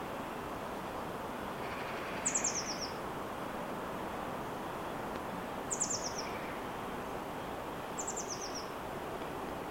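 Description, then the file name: Eurasian blue tit calls: short descending series of thin, very high notes, heard three times over steady background noise. "Cyanistes caeruleus"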